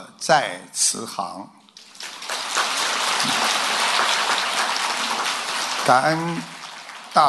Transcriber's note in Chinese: 掌声